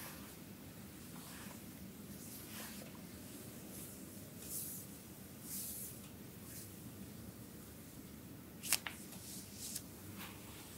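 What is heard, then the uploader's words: A hand massage with a scrub: a constant low rubbing texture runs throughout, with soft gritty swishes brightening every second or so. Near nine seconds a couple of sharp crackly clicks stand out, followed by a few quieter scratchy strokes. Asmr front and hand massage. In this video you can see ASMR hand massage with scrub.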